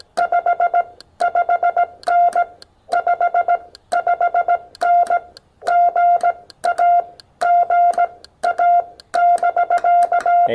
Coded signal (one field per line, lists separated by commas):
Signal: Morse code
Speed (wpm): 17 wpm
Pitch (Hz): 690 Hz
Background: none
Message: 55N 55N GA GA <BK>